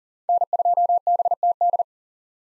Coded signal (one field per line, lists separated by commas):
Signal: Morse code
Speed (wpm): 40 wpm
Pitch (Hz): 700 Hz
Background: none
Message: N2BTD